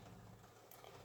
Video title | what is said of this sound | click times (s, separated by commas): 2003 B5 air bag, steering wheel, clock spring, and turn signal/wiper removal or replacement. | you're kind of hear it clicking and you'll see the airbag move and it just comes up about a couple | 0.7 s